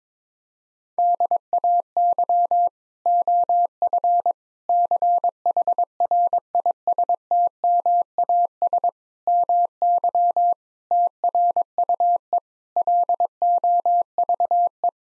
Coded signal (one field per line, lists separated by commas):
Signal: Morse code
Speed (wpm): 21 wpm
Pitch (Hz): 700 Hz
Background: none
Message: DAY OF CHRISTMAS MY TRUE LOVE